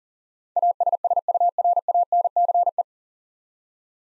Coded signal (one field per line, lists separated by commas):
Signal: Morse code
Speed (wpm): 40 wpm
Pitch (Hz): 700 Hz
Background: none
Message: ASSURANCE